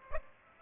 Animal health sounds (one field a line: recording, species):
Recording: mosquito wingbeat signal from an infrared sensor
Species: Aedes aegypti